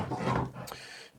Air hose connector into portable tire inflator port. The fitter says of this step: you're just going to push it in and turn it clockwise and that clicks into place couldn't be easier